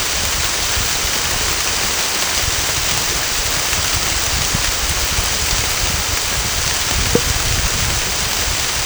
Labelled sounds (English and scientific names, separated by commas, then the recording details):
none
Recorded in secondary vegetation near Puerto Asís, Putumayo, Colombia, on 18 December 2024 at 23:00
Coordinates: 0.484, -76.319
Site GP06